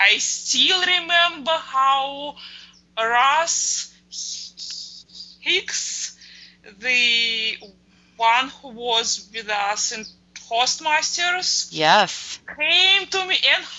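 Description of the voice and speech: Adult woman who stutters, having recently gained a great deal of fluency: otherwise fluent speech with prolonged sounds and a long silent block mid-sentence.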